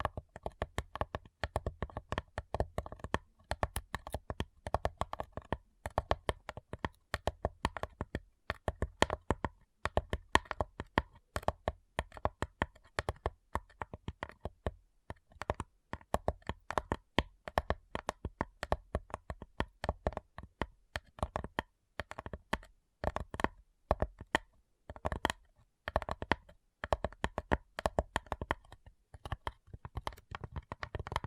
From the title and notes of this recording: ASMR Addictive Tapping. (No Talking).